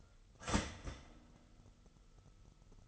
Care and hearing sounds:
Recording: daily activity, microphone in the room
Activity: start toaster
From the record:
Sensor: 4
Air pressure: 989.3 hPa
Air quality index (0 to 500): 216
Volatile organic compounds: 67 ppm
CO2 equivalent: 3493 ppm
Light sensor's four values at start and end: 24/85/31/33 and 24/85/31/33

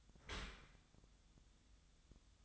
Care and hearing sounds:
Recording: daily activity, microphone in the room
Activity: open dishwasher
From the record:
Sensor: 3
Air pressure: 1004.6 hPa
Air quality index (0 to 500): 102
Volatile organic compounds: 4 ppm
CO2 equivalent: 1589 ppm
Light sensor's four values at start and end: 7/17/7/7 and 7/17/7/7

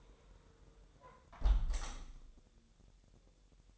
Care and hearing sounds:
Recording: daily activity, microphone in the room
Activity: close window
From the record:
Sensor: 3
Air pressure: 999.8 hPa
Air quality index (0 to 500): 225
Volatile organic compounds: 93 ppm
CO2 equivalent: 3710 ppm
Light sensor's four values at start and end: 10/24/10/9 and 9/22/9/9

